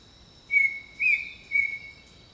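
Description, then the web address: Bird singing three evenly spaced, flat whistled notes about half a second apart against a constant high-pitched insect hum. Jungle birdsong. "Echoes of Nature - Jungle Talk Jungle Birdsong"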